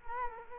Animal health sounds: mosquito wingbeat signal from an infrared sensor; Culex quinquefasciatus

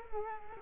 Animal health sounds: mosquito wingbeat signal from an infrared sensor; Culex quinquefasciatus

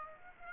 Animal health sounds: mosquito wingbeat signal from an infrared sensor; Aedes aegypti

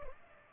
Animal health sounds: mosquito wingbeat signal from an infrared sensor; Culex pipiens

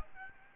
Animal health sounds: mosquito wingbeat signal from an infrared sensor; Aedes albopictus

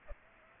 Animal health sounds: mosquito wingbeat signal from an infrared sensor; Aedes aegypti

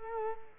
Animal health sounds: mosquito wingbeat signal from an infrared sensor; Culex quinquefasciatus

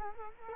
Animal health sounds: mosquito wingbeat signal from an infrared sensor; Culex quinquefasciatus

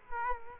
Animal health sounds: mosquito wingbeat signal from an infrared sensor; Culex quinquefasciatus

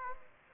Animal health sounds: mosquito wingbeat signal from an infrared sensor; Aedes aegypti

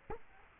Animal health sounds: mosquito wingbeat signal from an infrared sensor; Culex quinquefasciatus

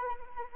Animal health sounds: mosquito wingbeat signal from an infrared sensor; Anopheles arabiensis

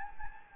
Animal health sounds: mosquito wingbeat signal from an infrared sensor; Anopheles gambiae

